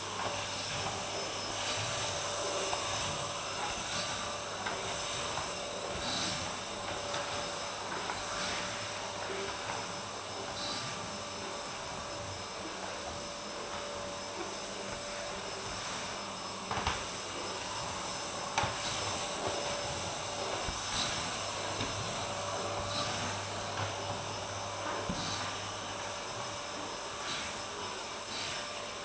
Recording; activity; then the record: daily activity, microphone in the room; vacuum cleaning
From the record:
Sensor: 2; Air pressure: 1011.7 hPa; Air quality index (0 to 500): 220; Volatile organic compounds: 4 ppm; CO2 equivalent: 1549 ppm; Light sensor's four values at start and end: 8/19/8/8 and 8/19/8/8